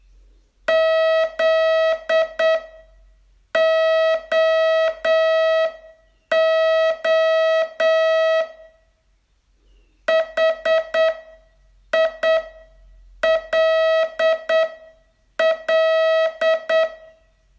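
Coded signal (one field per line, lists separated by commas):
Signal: Morse code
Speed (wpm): 8 wpm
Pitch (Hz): 650 Hz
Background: music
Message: ZOO HILL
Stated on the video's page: Morse training test, day 25 of a 42-day course.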